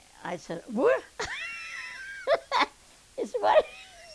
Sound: she laughs

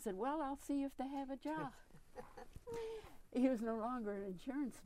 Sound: chuckles

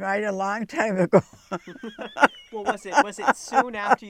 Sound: she laughs

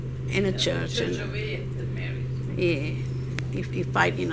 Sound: voice off-mic

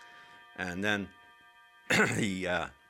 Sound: he clears his throat

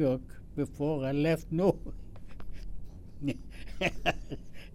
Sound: chuckles

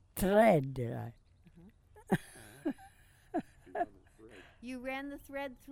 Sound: laughs

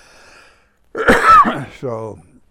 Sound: he coughs

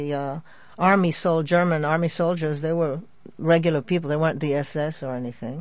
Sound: none

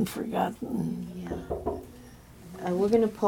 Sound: knocking on door

